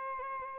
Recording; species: mosquito wingbeat signal from an infrared sensor; Aedes albopictus